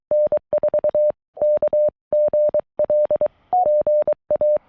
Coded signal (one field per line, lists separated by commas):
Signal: Morse code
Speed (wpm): 23 wpm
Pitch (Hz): 600 Hz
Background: none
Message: N4KGL GA